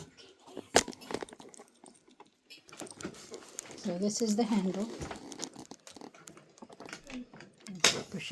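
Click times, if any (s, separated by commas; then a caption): 7.8 s. Someone talks while pushing the telescoping pull handle of a Land's End rolling checked suitcase in Deep Scarlet hard down into its housing. Soft rustles and small taps lead up to a loud, sharp click at 7.9 s as the handle latches and seats in place.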